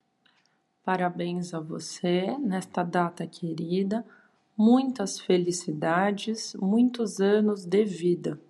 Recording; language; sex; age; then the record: short text; Brazilian Portuguese; female; 30 to 39 years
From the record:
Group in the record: control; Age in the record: 35 years